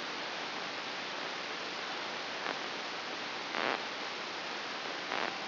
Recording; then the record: brain microelectrode recording played as sound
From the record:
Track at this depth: inside the subthalamic nucleus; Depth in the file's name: 6.333 mm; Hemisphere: right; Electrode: 2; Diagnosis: Parkinson's disease